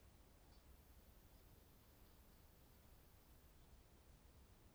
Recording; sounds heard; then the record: poultry house recording; no chicken sound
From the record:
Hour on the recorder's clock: 22